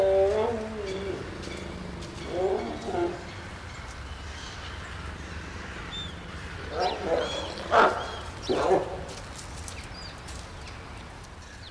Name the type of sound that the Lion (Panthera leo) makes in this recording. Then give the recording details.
growling. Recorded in captivity. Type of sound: call, growling. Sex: pair. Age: adult. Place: Zoo Berlin, Berlin, DE. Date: 2003-01-17 14:31. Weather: fair, 5°C. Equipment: Nagra SN, Kopie Uher 4000 Report Monitor. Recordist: Tembrock, Günter. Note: Paar: Besprung; Männchen Knurren, Weibchen Lautfolge (Entfernung ca. 20 m)